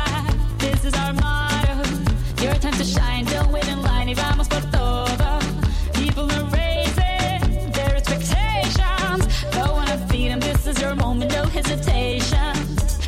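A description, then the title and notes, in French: A Friday evening at the bowling alley, filled with steady, loud pop music: a thumping regular beat, deep bass, and a sung melody throughout. Voici une soirée de vendredi vraiment sympa au bowling st savin.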